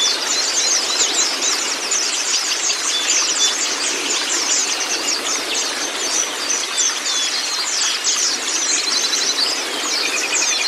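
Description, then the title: White-eye song: many overlapping high, thin twitters and quick chattering trills running nonstop, with occasional brief whistles, against a constant hiss. Training recording (masteran) of white-eye (pleci kacamata si putih) song, meant to get a silent (bisu) pleci singing constantly (gacor). "mster Mnuk. Terapi Pleci Bisu Menjadi Gacor Abis. Masteran Pleci Kacamata Si Putih"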